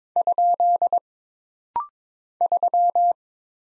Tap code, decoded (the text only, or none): none